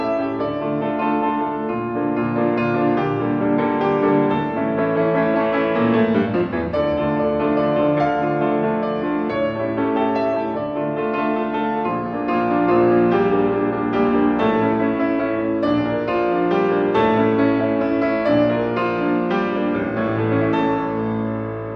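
Near Tatsumi Bridge in Gion Shirakawa, dense melodic music plays continuously, layered sustained notes shifting steadily at an even level throughout, without pauses.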